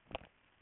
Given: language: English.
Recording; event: throat vibration sensor signal played as sound; swallow